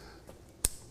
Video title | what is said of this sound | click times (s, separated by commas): TRCMA 2024 New Detailing Products With Live Demonstrations (Day 2) | adjustable headband and it just snaps | 0.6 s